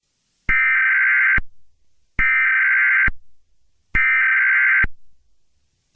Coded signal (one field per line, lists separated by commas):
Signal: Emergency Alert System (SAME) tones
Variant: header bursts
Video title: The Mid West Wildfire Outbreak: EAS Scenario